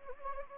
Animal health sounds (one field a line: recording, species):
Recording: mosquito wingbeat signal from an infrared sensor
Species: Anopheles gambiae